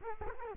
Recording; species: mosquito wingbeat signal from an infrared sensor; Culex quinquefasciatus